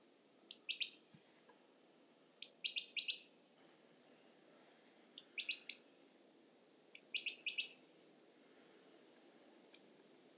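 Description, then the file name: Great tit calling: high thin notes leading into scolding chatters, four bursts a few seconds apart, ending with a lone high note. "Parus major"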